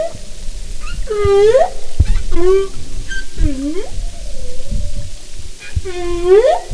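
Humpback whale song: a series of harmonic upswept whoops, some short, some longer and rising, with low grunts and clicks between them.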